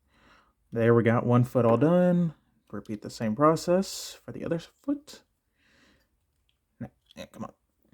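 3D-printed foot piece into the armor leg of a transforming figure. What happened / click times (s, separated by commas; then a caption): Handled, not yet home: a small plastic piece is being worked but has not snapped into place / none. Someone talks while handling the second foot of a 3D-printed plastic armor add-on for a transforming figure, rotating and flipping the foot piece up to snap it into the armor leg. Faint short handling sounds come near the end, but the foot piece has not seated or clicked into place yet.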